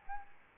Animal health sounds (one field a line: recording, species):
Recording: mosquito wingbeat signal from an infrared sensor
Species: Aedes albopictus